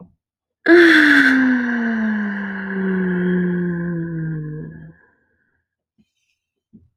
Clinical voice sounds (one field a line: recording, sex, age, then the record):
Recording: vowel held as long as possible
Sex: female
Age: 20 to 29 years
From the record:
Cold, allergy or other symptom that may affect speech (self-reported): no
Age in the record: 25 years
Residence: Indiana, United States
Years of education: 17